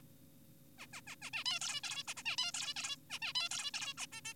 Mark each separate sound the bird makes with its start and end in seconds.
0.78-0.86, 0.93-1.01, 1.07-1.16, 1.22-1.30, 1.34-1.44, 1.46-1.60, 1.61-1.81, 1.84-2.03, 2.08-2.14, 2.17-2.23, 2.26-2.36, 2.38-2.52, 2.54-2.74, 2.76-2.96, 3.10-3.19, 3.22-3.33, 3.35-3.49, 3.51-3.71, 3.74-3.94, 3.98-4.06, 4.12-4.21, 4.25-4.34